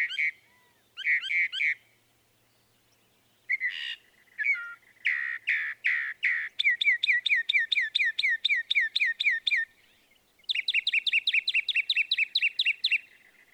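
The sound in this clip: Northern mockingbird song: varied phrases, from doubled harsh notes to long rapid runs of repeated chirps, shifting to a higher buzzy repeated note near the end.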